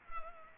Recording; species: mosquito wingbeat signal from an infrared sensor; Culex pipiens